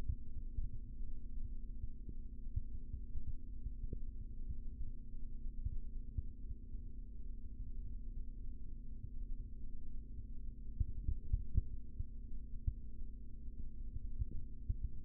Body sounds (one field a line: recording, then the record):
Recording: forearm muscle sounds (acoustic myography)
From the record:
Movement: rest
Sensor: system 3, bracelet of six PUI Audio POM-2738L microphones around the upper forearm, with dedicated amplification and filtering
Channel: 5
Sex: male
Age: 25 years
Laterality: right